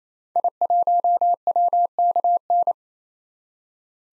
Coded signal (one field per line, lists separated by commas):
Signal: Morse code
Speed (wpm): 27 wpm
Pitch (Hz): 700 Hz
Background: none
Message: I1WKN